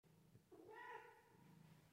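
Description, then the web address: Cat giving a single drawn-out meow, with soft low rumbling before and after. "cute kitty moew"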